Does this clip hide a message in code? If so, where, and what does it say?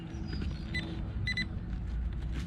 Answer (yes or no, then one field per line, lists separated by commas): no